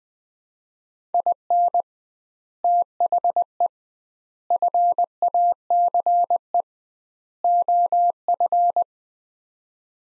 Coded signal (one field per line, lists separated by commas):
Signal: Morse code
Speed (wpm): 20 wpm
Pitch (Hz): 700 Hz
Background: none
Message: IN THE FACE OF